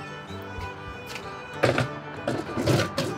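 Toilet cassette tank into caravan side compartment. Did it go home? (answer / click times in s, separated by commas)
no / none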